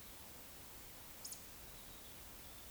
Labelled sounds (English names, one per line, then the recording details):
Eurasian Woodcock whistle
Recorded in Baden-Württemberg, Germany, on 20 May 2021 at 19:38 UTC
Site 24606, 635 m above sea level